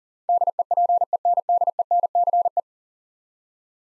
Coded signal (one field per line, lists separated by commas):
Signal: Morse code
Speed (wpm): 40 wpm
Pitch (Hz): 700 Hz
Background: none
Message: DEPENDENCE